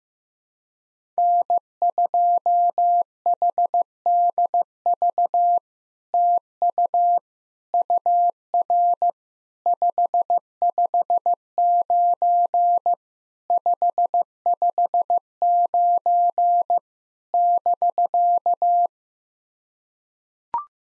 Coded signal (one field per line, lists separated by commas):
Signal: Morse code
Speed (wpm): 15 wpm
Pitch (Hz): 700 Hz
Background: none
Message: N2HDV TU UR 559 559 <BK>